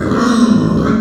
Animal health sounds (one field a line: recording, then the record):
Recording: squeal of a Yucatan mini pig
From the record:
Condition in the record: after surgery on the right vocal fold (resection and tissue-engineered implant)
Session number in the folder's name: 7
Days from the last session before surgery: 47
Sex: female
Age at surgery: 19 weeks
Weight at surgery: 25 kg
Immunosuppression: prednisolone